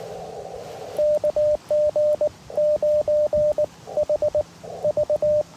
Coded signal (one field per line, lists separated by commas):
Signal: Morse code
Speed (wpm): 18 wpm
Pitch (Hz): 590 Hz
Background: radio noise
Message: KG9HV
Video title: W3GTR Takes the One Pound POTA Challenge